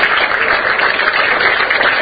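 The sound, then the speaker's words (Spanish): Steady, loud applause from a large crowd for community radio station representatives going up on stage at a subsidy handover ceremony, a dense wash of clapping that holds an even level throughout without any voices. “que ya suben al escenario, el aplauso fuerte como el principio para ellos.”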